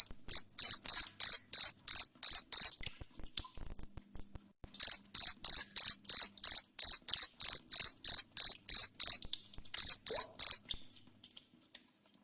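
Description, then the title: Cricket chirping in fast regular pulses, a break of about two seconds, then a long run of repeated shrill chirps. Loud chirping cricket, played to make lovebirds keep singing their long trilling song. "Suara JANGKRIK NGERIK Keras Bikin LOVEBIRD Jadi NGEKEK Terus Vubey"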